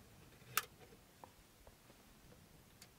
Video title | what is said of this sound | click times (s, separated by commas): NEW Android Screen step by step install on Audi A4 (B8.5) 2008-2016 | it should click right into place | 0.6 s